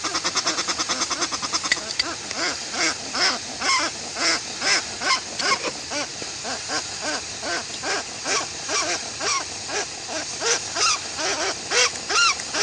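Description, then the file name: Westland petrel giving harsh, rhythmic cackling notes, unevenly spaced, with squealing accents. "westland black petrel song"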